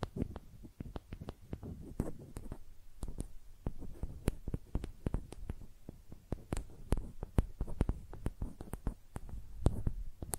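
Makeup being tapped and scratched, with sharp, crisp clicks scattered irregularly across the whole stretch, sometimes in quick bursts of several taps. Soft, low thumps and a faint dull rumble sit underneath, and the pace stays busy and uneven without settling into a steady rhythm.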